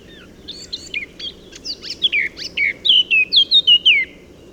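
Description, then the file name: Eurasian blackcap song opening with soft chattering notes and ending in a loud, even series of rich whistled notes that slide downward. "Sylvia atricapilla"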